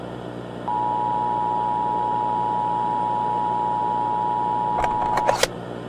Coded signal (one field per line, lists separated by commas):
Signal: Emergency Alert System (SAME) tones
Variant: 853 and 960 Hz attention tone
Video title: Build a boat Parasite Outbreak | EAS Scenario